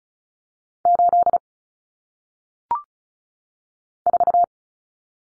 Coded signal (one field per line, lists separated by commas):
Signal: Morse code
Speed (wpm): 35 wpm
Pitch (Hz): 700 Hz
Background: none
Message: 8 4